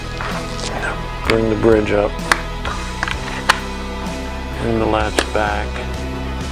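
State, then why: Not seated. The latch of a model railroad drop-down access bridge is brought back into place against the bridge's frame while the bridge is held raised. Someone talks over background music, and short sharp handling knocks are heard around 3.0 and 3.5 seconds. Nothing has seated or clicked yet.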